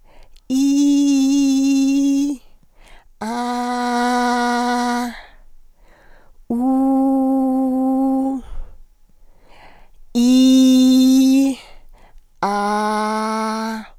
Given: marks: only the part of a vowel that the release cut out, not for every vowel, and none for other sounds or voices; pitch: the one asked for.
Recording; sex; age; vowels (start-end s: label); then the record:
sustained vowels; female; 70 to 79 years
0.55-2.26 s: vowel /i/, high pitch
3.27-5.05 s: vowel /a/, high pitch
6.62-8.29 s: vowel /u/, high pitch
10.19-11.44 s: vowel /i/, low pitch
12.47-13.74 s: vowel /a/, low pitch
From the record:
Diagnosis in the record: hyperfunctional dysphonia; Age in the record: 73 years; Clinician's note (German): Leichte Form